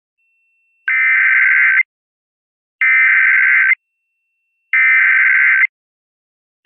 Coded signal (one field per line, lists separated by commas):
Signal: Emergency Alert System (SAME) tones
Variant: header bursts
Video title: BP Assault (EAS Scenario)